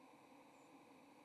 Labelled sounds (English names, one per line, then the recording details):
White-throated Sparrow flight call
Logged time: 06:53 on 30 October 2014